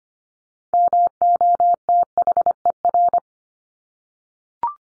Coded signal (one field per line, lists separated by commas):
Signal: Morse code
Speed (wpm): 25 wpm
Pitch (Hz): 700 Hz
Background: none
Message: MOTHER